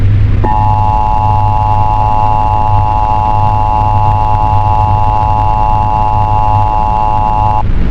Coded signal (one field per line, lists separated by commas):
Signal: Emergency Alert System (SAME) tones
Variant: 853 and 960 Hz attention tone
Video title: Blackout A MasterCarl65 PRODUCTIONS EAS Scenario